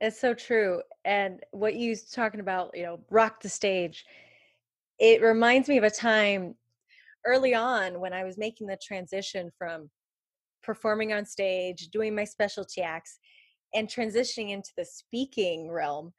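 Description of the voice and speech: A woman speaks fluently in a clear, mid-pitched voice, with natural phrasing and short pauses between phrases in a quiet room. There are no blocks, repetitions or slurring. This is typical conversational adult speech.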